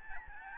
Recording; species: mosquito wingbeat signal from an infrared sensor; Aedes albopictus